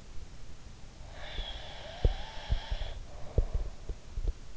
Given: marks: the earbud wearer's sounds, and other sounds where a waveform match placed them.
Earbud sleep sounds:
sounds in sleep by an in-ear microphone; breath
0.99-3.80 s: breath
1.35-4.34 s: sound from someone else or the room

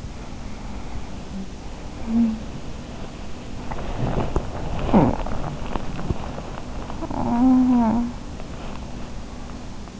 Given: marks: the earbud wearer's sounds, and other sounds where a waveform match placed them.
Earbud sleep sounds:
sounds in sleep by an in-ear microphone; breath, body movement, talking in sleep
0.00-2.77 s: breath
1.28-2.61 s: sound from someone else or the room
2.82-9.96 s: body movement
4.78-5.32 s: talking in sleep
6.88-8.34 s: talking in sleep

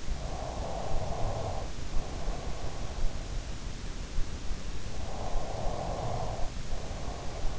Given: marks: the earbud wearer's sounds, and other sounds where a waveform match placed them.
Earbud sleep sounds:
sounds in sleep by an in-ear microphone; breath
0.05-3.61 s: breath
4.72-7.59 s: breath

